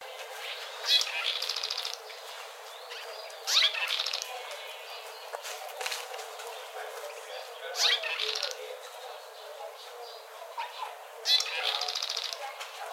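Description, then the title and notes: Swallow twitter comes in bright, chirping bursts that end in buzzy trills, repeated every few seconds. "Golondrinas. Blog De Aves"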